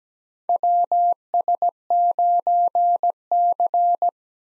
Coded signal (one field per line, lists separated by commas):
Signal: Morse code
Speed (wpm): 17 wpm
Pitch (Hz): 700 Hz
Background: none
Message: WS9C